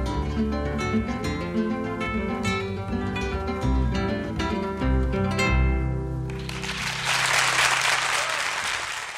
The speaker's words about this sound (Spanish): Bueno, pues unos aplausos merecidos, ¿no?, en esta grabación en directo